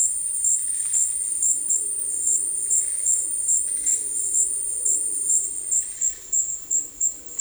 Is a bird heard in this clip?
no